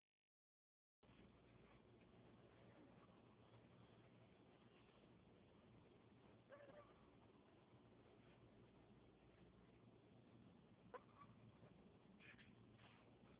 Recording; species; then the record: mosquito flight sound by mobile phone; Anopheles gambiae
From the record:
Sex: female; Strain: Kisumu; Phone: Huawei 866C